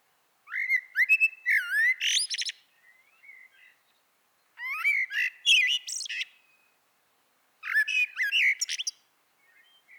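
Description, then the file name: Common blackbird song: three phrases, each a mellow, fluting whistle that ends in a high, squeaky twitter, with short pauses between them. "Turdus merula"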